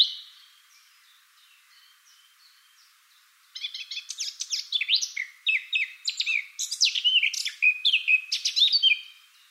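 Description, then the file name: Eurasian blackcap song, a fading note and faint notes at first, then a sudden loud, fast, jumbled warble with sharp high notes continuing to the end. "Sylvia atricapilla"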